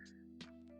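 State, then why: Not seated. A small windscreen is pressed onto the DJI Osmo Pocket 3 camera's microphone over steady background music, with a brief handling knock at 0.4 seconds. The windscreen has not clicked on, and it is then to be screwed in place.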